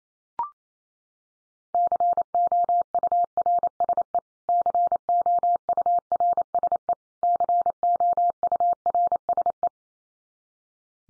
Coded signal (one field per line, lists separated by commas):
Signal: Morse code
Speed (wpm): 28 wpm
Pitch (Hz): 700 Hz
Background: none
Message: COURSE COURSE COURSE